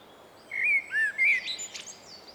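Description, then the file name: Common blackbird delivering a short song phrase: two or three rich flute-like whistles followed by a faint, high, strained twitter, with soft background hiss. "Turdus merula"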